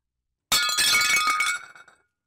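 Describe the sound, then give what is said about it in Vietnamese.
A teacup held in a hand shatters with a sudden loud crash, followed by about a second of bright, ringing shards clinking and tinkling before fading out quickly. “Chén trà trong tay Duyên vỡ tan tành khi nghe câu hỏi kinh dị của ông Tránh Tổng.”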